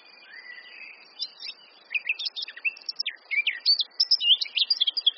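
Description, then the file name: Eurasian blackcap song that opens with soft low warbling, then bursts into quick, bright, jumbled high notes and fluty slurs, a steady faint whine underneath. "Sylvia atricapilla"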